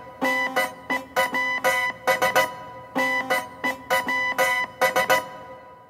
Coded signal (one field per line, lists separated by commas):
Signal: Morse code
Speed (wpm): 16 wpm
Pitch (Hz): 2000 Hz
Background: music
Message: NEWS NEWS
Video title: Morse Music